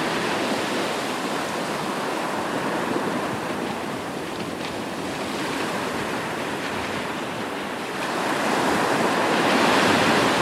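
Ocean waves make a dense, steady wash of surf that fills the whole clip with hissing, rushing water. The roar holds fairly even, then swells louder and brighter near the eighth second as a larger wave breaks.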